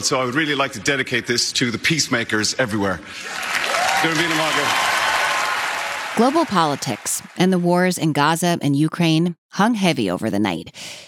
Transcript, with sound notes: So, I'd really like to dedicate this to the peacemakers everywhere.
[APPLAUSE AND CHEERING] Global politics, and the wars in Gaza and Ukraine, hung heavy over the night.